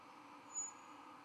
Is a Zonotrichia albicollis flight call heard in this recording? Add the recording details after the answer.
no. No flight call is heard. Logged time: 22:20 on 11 November 2014